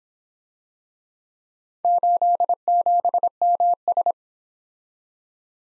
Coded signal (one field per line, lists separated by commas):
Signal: Morse code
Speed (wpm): 27 wpm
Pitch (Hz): 700 Hz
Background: none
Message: 87MS